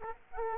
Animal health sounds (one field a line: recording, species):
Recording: mosquito wingbeat signal from an infrared sensor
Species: Aedes aegypti